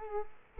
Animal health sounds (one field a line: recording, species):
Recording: mosquito wingbeat signal from an infrared sensor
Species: Culex quinquefasciatus